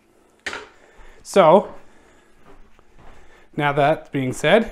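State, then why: Seated. A Lorex 2K outdoor pan-tilt Wi-Fi security camera body is twisted onto its roof mounting bracket to lock it in place, with a sharp, loud click at 0.5 s. The camera is then seated and locked, and someone talks afterward.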